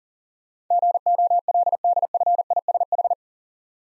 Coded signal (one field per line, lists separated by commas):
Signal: Morse code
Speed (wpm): 40 wpm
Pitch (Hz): 700 Hz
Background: none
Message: GOLDFISH